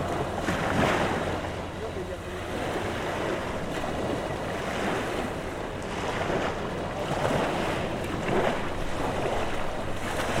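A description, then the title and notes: Gentle waves wash steadily onto a beach, a continuous soft hiss of surf with small swells breaking about every couple of seconds, near 1, 3, 6 and 8 seconds. A light wind rumbles low underneath, and no distinct voices stand out. It's 5pm on an August afternoon, and beachgoers and swimmers enjoy the mellow sunshine on Mezzavalle Beach in Portonovo, Italy. Recorded by Cities and Memory. Late summer afternoon on the beach.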